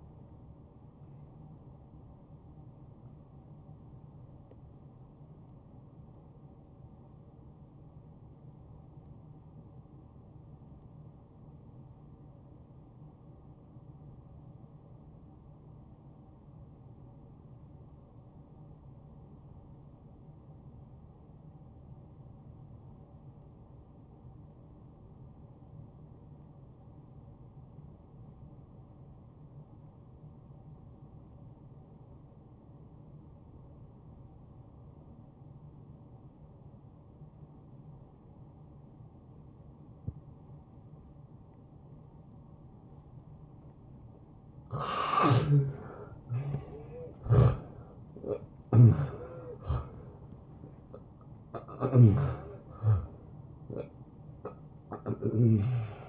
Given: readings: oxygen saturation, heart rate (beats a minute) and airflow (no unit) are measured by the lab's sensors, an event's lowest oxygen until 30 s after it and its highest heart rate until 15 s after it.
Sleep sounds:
breathing in sleep by a smartphone at the bedside; 1
8.00-38.00 s: new sleep stage, N2 (light sleep)
9.00-44.50 s: obstructive apnea (N2, oxygen 94% highest, then 79% lowest, heart rate 69 at the start, 81 highest)
38.00-56.09 s: new sleep stage, N1 (lightest sleep)
From the record:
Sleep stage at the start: N1 (lightest sleep); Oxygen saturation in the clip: 81 to 94%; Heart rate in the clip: 57 to 81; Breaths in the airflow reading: 6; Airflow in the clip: -14.7 to 8.3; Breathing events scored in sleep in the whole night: 263 in 5.5 hours asleep

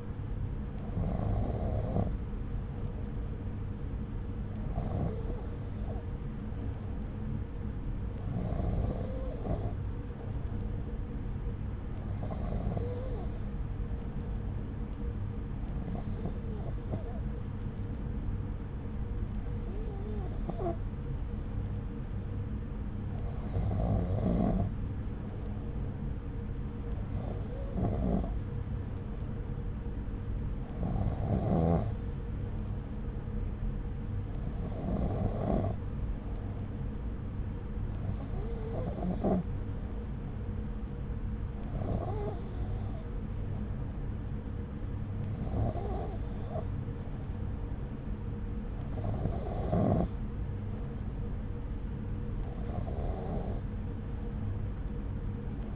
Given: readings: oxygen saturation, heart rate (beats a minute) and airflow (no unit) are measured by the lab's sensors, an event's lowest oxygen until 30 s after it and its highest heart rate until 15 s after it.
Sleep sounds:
breathing in sleep by a smartphone at the bedside; none
5.00-55.75 s: new sleep stage, N2 (light sleep)
From the record:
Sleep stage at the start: N3 (deep sleep); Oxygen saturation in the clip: 93%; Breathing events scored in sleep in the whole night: 303 in 8.1 hours asleep

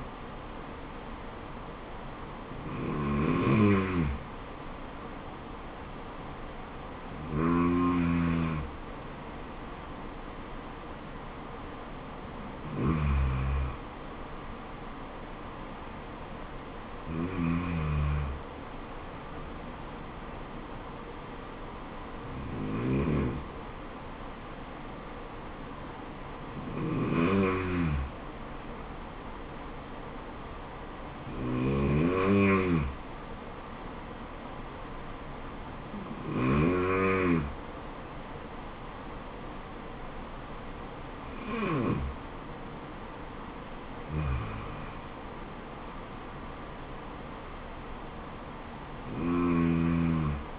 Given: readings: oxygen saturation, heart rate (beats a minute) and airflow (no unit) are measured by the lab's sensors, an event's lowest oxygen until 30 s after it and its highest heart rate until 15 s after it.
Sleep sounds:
breathing in sleep by a voice recorder at the bedside; none
none scored
From the record:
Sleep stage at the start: N2 (light sleep); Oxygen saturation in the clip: 91 to 94%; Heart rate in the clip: 67 to 77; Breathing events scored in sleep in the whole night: 426 in 7.4 hours asleep

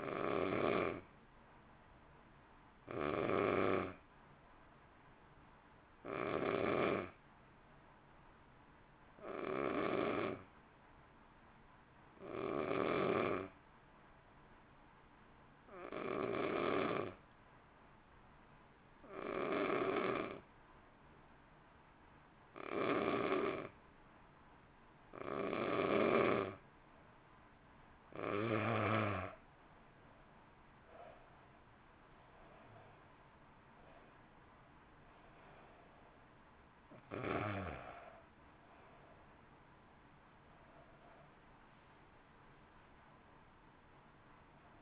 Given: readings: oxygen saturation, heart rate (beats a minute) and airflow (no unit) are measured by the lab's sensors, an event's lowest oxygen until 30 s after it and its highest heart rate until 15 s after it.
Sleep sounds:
breathing in sleep by a voice recorder at the bedside; 1
11.00-33.20 s: hypopnea (N2, oxygen 93% highest, then 86% lowest, heart rate 49 at the start, 61 highest)
11.00-41.00 s: new sleep stage, N2 (light sleep)
41.00-44.82 s: new sleep stage, N1 (lightest sleep)
From the record:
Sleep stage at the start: N1 (lightest sleep); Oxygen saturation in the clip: 80 to 93%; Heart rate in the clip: 48 to 63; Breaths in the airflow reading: 13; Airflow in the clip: -1.3 to 2.2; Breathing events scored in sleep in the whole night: 328 in 6.3 hours asleep

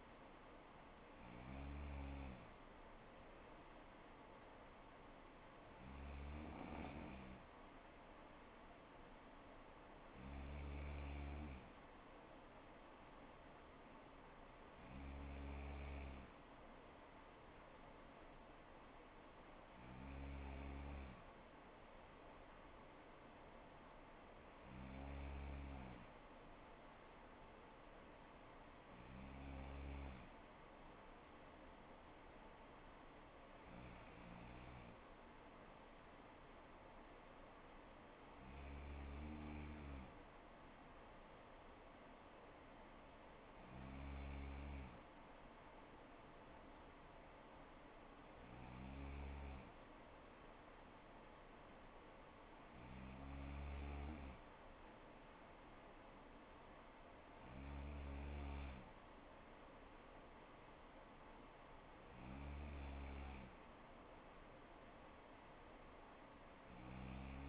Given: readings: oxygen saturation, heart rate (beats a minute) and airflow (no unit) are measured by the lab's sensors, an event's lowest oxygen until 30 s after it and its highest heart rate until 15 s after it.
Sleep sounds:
breathing in sleep by a voice recorder at the bedside; none
none scored
From the record:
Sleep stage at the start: N3 (deep sleep); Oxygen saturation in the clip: 95%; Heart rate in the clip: 59 to 64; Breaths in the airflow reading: 15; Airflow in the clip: -3.7 to 3.3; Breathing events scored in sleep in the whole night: 79 in 6.3 hours asleep

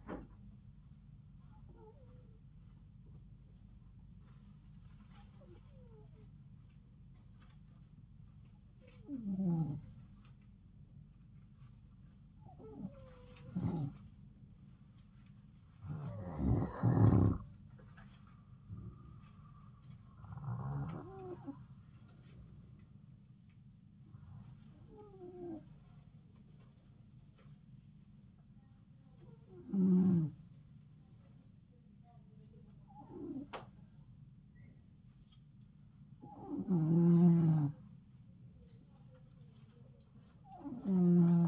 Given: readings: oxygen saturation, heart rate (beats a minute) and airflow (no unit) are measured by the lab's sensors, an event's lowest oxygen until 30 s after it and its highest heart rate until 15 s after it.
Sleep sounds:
breathing in sleep by a smartphone at the bedside; none
none scored
From the record:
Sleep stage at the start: N2 (light sleep); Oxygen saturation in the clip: 91 to 94%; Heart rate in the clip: 69 to 74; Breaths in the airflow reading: 10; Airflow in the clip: -3.7 to 3.5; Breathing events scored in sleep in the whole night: 270 in 6.1 hours asleep

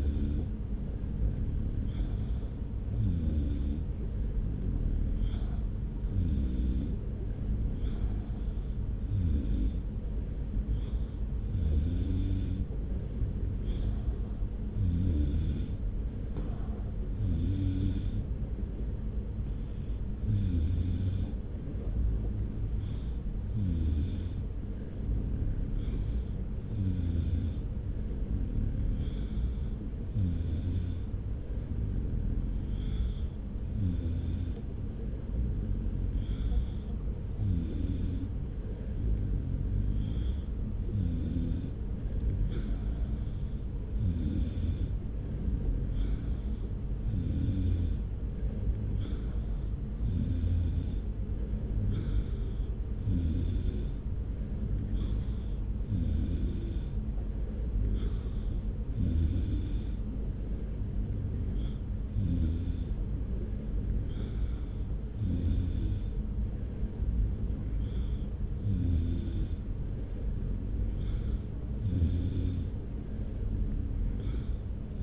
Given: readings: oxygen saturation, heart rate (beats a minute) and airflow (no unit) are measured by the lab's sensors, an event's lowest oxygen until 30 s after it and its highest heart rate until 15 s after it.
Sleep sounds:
breathing in sleep by a smartphone at the bedside; none
none scored
From the record:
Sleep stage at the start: N3 (deep sleep); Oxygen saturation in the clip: 93 to 94%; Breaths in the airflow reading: 27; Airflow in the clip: -0.9 to 1.1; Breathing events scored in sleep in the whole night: 335 in 6.7 hours asleep

